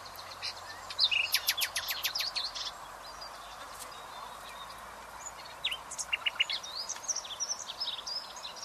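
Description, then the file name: Common nightingale song: fainter, varied phrases of quick ticking notes and short trills, separated by a pause, over a steady background hiss. "Luscinia megarhynchos"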